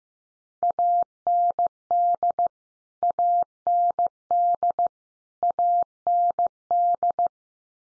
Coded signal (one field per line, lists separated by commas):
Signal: Morse code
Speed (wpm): 15 wpm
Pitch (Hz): 700 Hz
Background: none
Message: AND AND AND